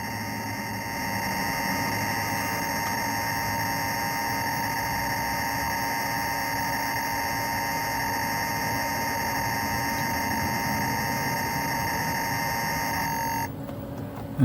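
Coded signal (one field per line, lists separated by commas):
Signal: computer data on cassette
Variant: Mattel Aquarius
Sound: harsh continuous buzzing data tones with harmonics for about 13 seconds, then cuts off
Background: tape hiss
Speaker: And the second section is another basic well it's the full basic program. This is the this is the game. And now it should execute the loader program.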